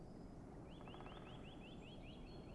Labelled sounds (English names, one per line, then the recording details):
Great Spotted Woodpecker
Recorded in Germany
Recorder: ecoPi